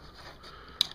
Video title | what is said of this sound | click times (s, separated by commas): Yaesu FTM-10R Intro | control cable actually has sort of a network uh cable on the end that uh pops right into the uh front of the main body | 0.8 s